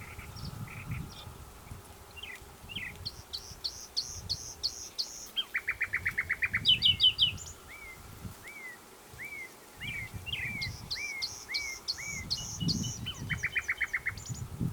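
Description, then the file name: Common nightingale song in varied phrases: whistles, a fast run of repeated rattling notes, then slurred piping notes and another quick repeated series, over low rumbling background noise. "Luscinia megarhynchos"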